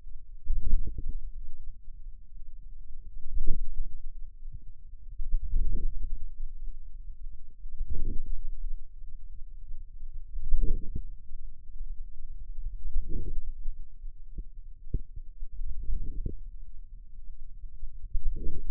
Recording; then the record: forearm muscle sounds (acoustic myography)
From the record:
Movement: hand closing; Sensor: system 2, bracelet of six BSWA MPA416 microphones around the upper forearm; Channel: 6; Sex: male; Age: 22 years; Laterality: right